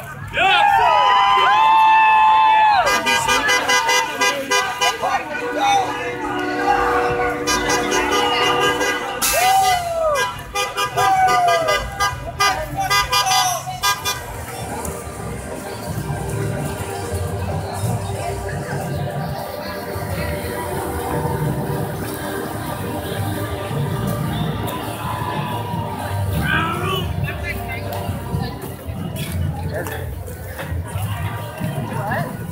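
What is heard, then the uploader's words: A street protest with trucks in a downtown area: loud horns blare and toot repeatedly through the first fifteen seconds, wavering and overlapping. Afterward the horns thin out, leaving a dense rumble of engines and traffic with voices and crowd noise. Truckers and Protesters take to the streets of downtown Toronto.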